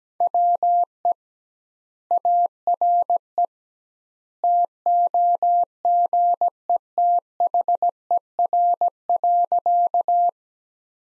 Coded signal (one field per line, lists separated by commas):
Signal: Morse code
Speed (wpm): 17 wpm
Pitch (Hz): 700 Hz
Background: none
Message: WE ARE TOGETHER.